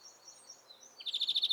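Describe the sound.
European greenfinch giving a rapid, evenly pulsed high trill that starts abruptly after faint thin notes and runs to the end.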